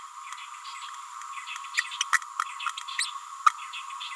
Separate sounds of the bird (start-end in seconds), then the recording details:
1.77-1.81, 2.00-2.04, 2.13-2.19, 2.98-3.06, 3.46-3.50. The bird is a female. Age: 29 days. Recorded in a nest box in Venezuela. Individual 17B31A3